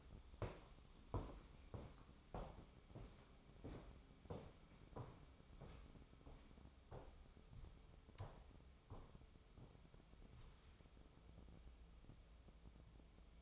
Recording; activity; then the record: daily activity, microphone in the room; walk to room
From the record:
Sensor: 1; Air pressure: 988.2 hPa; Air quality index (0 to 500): 156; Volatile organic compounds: 170 ppm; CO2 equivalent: 4106 ppm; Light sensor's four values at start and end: 28/101/38/40 and 29/105/40/42